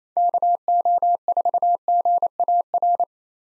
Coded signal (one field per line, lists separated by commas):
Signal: Morse code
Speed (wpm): 28 wpm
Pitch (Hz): 700 Hz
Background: none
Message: KO4GAR